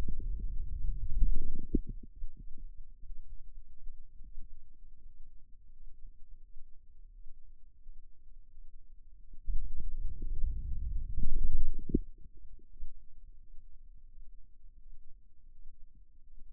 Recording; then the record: forearm muscle sounds (acoustic myography)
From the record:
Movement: wrist flexion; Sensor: system 2, bracelet of six BSWA MPA416 microphones around the upper forearm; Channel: 3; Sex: male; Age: 22 years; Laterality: right